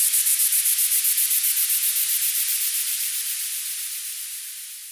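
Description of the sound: Rapidly pulsing high-pitched hiss, about four pulses a second, slowly fading: tinnitus sound therapy from the Tinnitus Scrubber device (version 4), tuned to 10 kHz.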